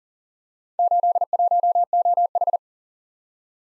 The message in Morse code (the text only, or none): 81OH